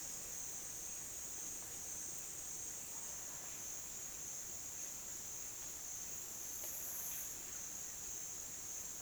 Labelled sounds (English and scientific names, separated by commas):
none